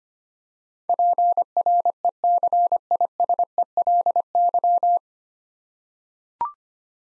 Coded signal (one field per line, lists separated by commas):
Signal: Morse code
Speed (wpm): 25 wpm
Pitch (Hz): 700 Hz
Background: none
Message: PRECISELY